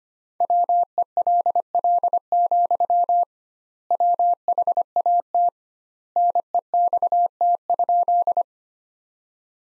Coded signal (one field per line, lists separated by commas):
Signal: Morse code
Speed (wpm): 25 wpm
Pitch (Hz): 700 Hz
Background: none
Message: WELL, WHAT NEXT?